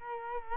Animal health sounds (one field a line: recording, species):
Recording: mosquito wingbeat signal from an infrared sensor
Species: Culex quinquefasciatus